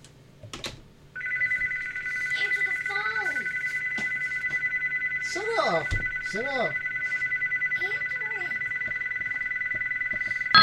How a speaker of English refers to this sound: Shut up, phone. Hello?